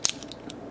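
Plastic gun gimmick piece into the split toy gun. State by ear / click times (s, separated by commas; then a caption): seated / 0.1 s. A plastic mech gimmick piece is locked into place on the second half of a split plastic toy gun from a Transformers DA-28 Striker Optimus Prime (Takara, DOTM). A sharp, bright plastic snap at 0.1 s marks the piece seating, followed by a few faint, softer ticks.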